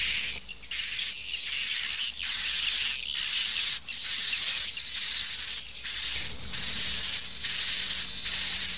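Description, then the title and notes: Swiftlets in a dense chorus of high, thin chattering twitters, pulsing in short bursts over a steady shrill background. Swiftlet calls used in swiftlet bird farming in Asia. "Swiflet Bird Sound. Farming Swiflet Bird asia sound"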